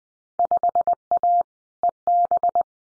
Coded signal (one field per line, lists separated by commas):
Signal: Morse code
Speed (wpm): 20 wpm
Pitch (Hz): 700 Hz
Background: none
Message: 5A EB